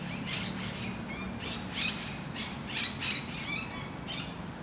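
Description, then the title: Parakeets uttering harsh squawks in irregular bursts with a few thinner chirps between, over a steady low hum. Recorded in Parc de Forest, Saint-Gilles, Belgium, with a Sony PCM-D100 using its internal microphones in wide position. "Parc de Forest, 1060 Saint-Gilles, Belgique - Parakeets - Perruches"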